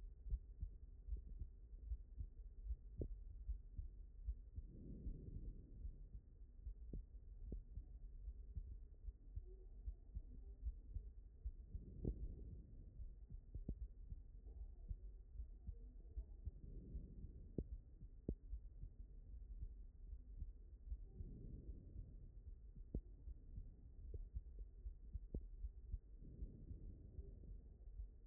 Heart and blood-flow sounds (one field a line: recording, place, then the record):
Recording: heart sounds by stethoscope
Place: aortic valve (AV)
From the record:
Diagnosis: non-HFrEF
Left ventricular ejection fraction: 58%